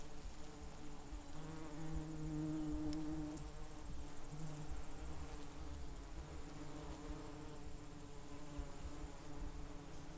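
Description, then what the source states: Bees buzzing in a steady, low droning hum with layered harmonic tones, the hum swelling slightly early on. Bees recorded close.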